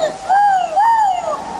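A lynx calls twice in quick succession, each a loud, drawn-out wailing yowl that rises and then falls in pitch, with no talking over it.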